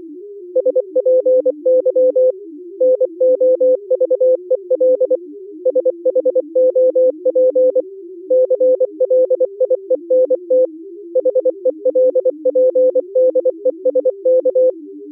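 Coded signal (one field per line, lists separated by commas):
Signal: Morse code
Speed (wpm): 24 wpm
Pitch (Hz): 510 Hz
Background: music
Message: SPY NOVEL SHOP CLIENT HELPDESK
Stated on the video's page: Low-level Contestia data at 355 Hz under speech audio: 125 Hz bandwidth, 2 tones, start/stop tones; last minute changes to 8 tones as a test.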